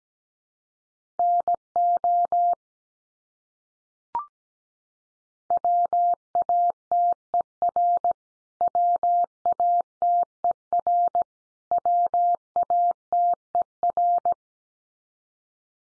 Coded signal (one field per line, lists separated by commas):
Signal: Morse code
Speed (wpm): 17 wpm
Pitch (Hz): 700 Hz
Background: none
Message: NO WATER WATER WATER